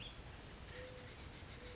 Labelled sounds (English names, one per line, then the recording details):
Mourning Dove
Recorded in Sonoma County, California